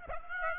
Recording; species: mosquito wingbeat signal from an infrared sensor; Aedes aegypti